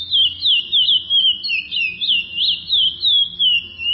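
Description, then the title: Chestnut-bellied seed finch with a rapid, melodious sequence of sliding whistled notes, about three per second. "Canto De Curio"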